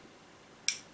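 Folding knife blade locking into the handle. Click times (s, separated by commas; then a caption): 0.7 s. A small folding pocket knife with a steel blade and wooden handle has its blade swung open. Near silence gives way to one sharp, bright click at 0.7 s as the locking mechanism engages, then a short fading ring. The blade locks into place in the handle.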